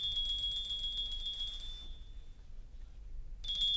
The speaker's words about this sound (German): Herr Bellmann? Es läutet. Ich hör's.